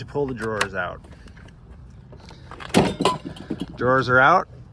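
In a Ford Transit Connect camper van conversion, someone talks while the kitchen drawers on slides in the cabinet are pulled fully out after the blue release levers are lifted. A burst of sharp mechanical knocks and rattles follows between about 2.3 and 3.4 seconds, loudest near 2.8 and 3.1 seconds, then someone talks again. Nothing has seated or clicked yet, as the clip ends just before the drawer slides lock in the extended position.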